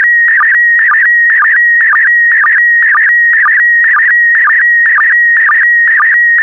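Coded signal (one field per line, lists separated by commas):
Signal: SSTV (slow-scan television)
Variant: PD120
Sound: steady whistling tone broken by rhythmic warbling chirps about twice a second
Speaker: the next image transmission will start in 10 seconds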